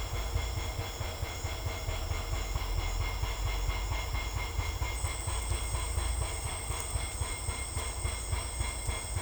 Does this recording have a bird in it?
no